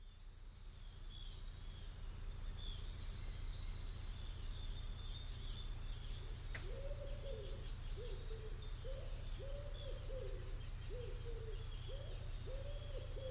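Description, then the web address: Bird calls: soft, high twittering at first, then after a sharp click a run of short, low, evenly spaced notes, all over a steady low rumble. "cianscape. Deverinetal. Bird Only"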